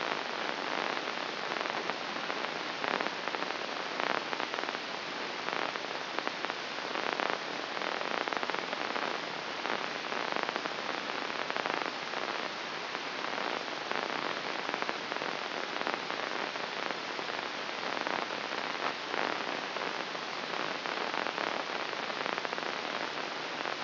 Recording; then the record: brain microelectrode recording played as sound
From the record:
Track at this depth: inside the subthalamic nucleus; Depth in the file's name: 2.335 mm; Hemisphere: left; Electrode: 3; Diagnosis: Parkinson's disease